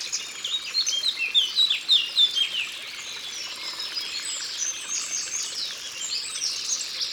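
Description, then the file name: Eurasian blackcap song: a lively burst of sharp, slurred whistles and warbles in the first seconds, then quieter high twittering continues. Recorded in Ardèche. "Fauvette-A-Tete-Noire-Concerts-Naturels-De-l Ardeche"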